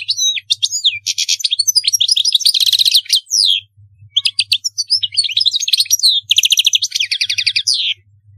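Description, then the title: European goldfinch song, nearly continuous: rapid tinkling twitters, buzzy trills and repeated chirping phrases with only short breaks. "Chant Chardonneret"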